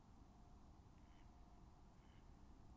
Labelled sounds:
Mallard (Anas platyrhynchos)
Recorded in Germany
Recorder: ecoPi

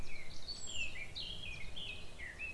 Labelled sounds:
Eurasian Blackcap (Sylvia atricapilla)
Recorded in Germany
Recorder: ecoPi

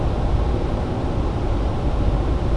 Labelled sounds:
none
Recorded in Germany
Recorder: ecoPi

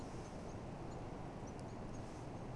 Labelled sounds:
Common Blackbird (Turdus merula)
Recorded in Germany
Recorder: ecoPi

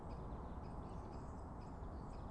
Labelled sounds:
Great Spotted Woodpecker (Dendrocopos major)
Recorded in Germany
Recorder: ecoPi

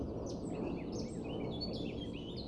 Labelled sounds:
Eurasian Blackcap (Sylvia atricapilla)
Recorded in Germany
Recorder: ecoPi

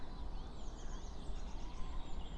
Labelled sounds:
Eurasian Blue Tit (Cyanistes caeruleus)
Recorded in Germany
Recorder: ecoPi

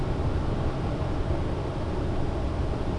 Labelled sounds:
none
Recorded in Germany
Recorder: ecoPi

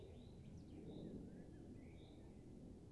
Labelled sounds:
Common Chaffinch (Fringilla coelebs)
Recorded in Germany
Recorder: ecoPi

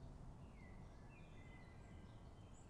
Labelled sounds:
Common Blackbird (Turdus merula)
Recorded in Germany
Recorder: ecoPi

